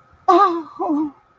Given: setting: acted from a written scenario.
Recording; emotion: vocal sound without words; distress